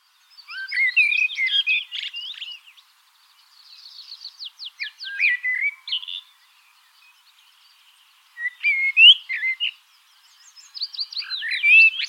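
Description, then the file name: Common blackbird song: fluty warbled phrases ending in thin high twitters, delivered in bursts separated by short pauses of a second or two. "Turdus merula"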